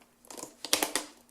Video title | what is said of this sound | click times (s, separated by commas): 🇫🇷 TEST ROBOT LAVEUR DE VITRES 🇫🇷 CECOTEC WINDROID 870 CONNECTED | Voilà. Et là, c'est clipsé. | 0.7 s